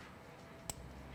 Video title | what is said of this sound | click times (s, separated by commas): Gen3R -- Full Installation -- Step by Step for 2011-2017 Mustang GT | make sure you hear it click | 0.7 s